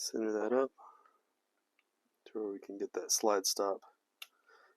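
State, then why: Seated. During a trigger install on a Glock Gen 5 pistol, with an Agency Arms trigger, the steel slide stop lever is centred in the polymer frame and pushed home while someone talks. A sharp click at 4.2 s marks the slide stop seating into place.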